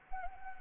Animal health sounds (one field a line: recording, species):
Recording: mosquito wingbeat signal from an infrared sensor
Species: Anopheles arabiensis